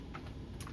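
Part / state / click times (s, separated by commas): probe tightened onto handpiece with torque wrench / torque reached / 0.2 s, 0.6 s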